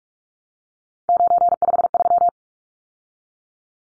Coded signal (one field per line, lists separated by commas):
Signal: Morse code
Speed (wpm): 44 wpm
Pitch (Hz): 700 Hz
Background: none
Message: 953